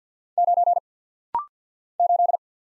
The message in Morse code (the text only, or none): 9 8